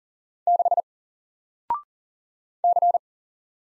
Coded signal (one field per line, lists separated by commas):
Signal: Morse code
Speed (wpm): 39 wpm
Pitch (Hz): 700 Hz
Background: none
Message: 6 C